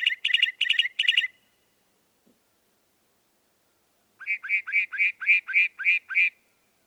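Northern mockingbird song: four rich, complex notes in quick succession, a long pause, then a run of about eight upslurred chirps.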